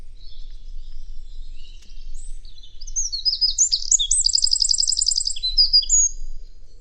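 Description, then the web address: Bird with thin high chirps, then a fast rattling trill of rapid notes midway, ending in a few brief higher whistles. "cianscape birddata Deverinetal 2025"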